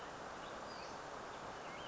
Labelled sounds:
Western Flycatcher (Empidonax difficilis)
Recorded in Sonoma County, California

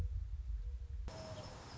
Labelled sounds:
Mourning Dove (Zenaida macroura)
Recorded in Sonoma County, California

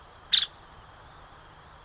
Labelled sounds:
Nuttall's Woodpecker (Dryobates nuttallii)
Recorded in Sonoma County, California

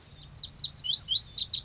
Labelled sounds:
Lazuli Bunting (Passerina amoena)
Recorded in Sonoma County, California

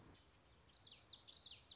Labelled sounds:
Common Yellowthroat (Geothlypis trichas)
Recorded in Sonoma County, California

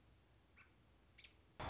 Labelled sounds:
American Robin (Turdus migratorius)
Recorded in Sonoma County, California

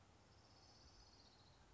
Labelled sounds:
Orange-crowned Warbler (Leiothlypis celata)
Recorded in Sonoma County, California

